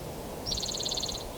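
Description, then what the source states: Spotted Towhee song: a rapid, high, evenly paced buzzy trill lasting under a second over soft background hiss. Song number five of a series counted aloud, on View Road in Stanislaus National Forest, 5 May 2018.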